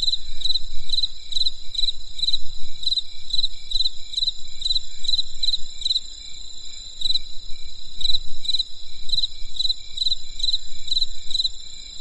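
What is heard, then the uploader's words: Insects chirp crisply through the night, a high, bright trilling that pulses in rapid, regular bursts several times a second and keeps going without a break. Beneath it sits a low, soft rumble of outdoor noise that swells and fades. There was a crisp sound of insects in the winter night. From the countryside.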